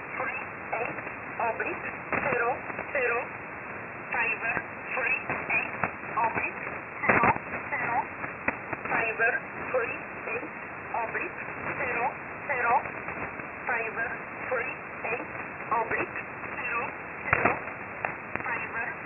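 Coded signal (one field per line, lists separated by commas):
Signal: numbers station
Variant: E11 Oblique, English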